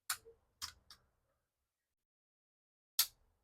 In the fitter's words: धनी सी आवाज आई ये लॉक हो गया